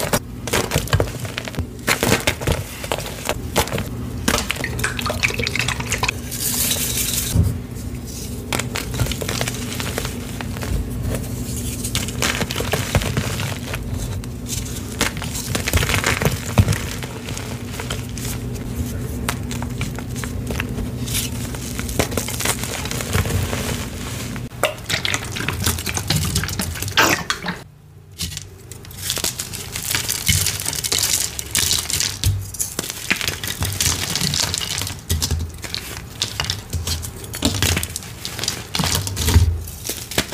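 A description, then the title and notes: Gym chalk being crushed in baby oil, a dense run of gritty crackles and squishes that keeps going with little pause. A low steady hum sits under the first twenty-five seconds, and a brief near-silent gap falls around twenty-eight seconds before the crunching resumes. Baby Oil Gym Chalk Crushing Compilation.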